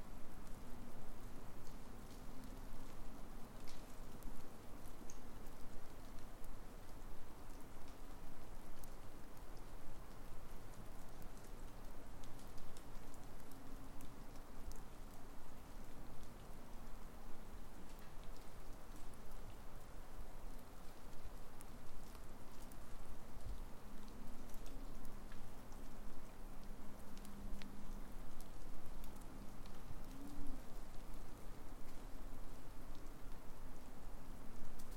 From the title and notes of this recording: (Sounds of forest in winter with icicles). Recorded at our cottage in Duhamel, Québec on December 30th, 2022.